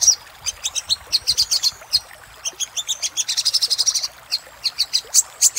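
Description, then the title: Little spiderhunter song: spaced high chips that quicken into a dense trill near the middle, then return to separated notes. Master song for training cage birds; labaik variant. "Masteran Burung Sogok Ontong Labaik"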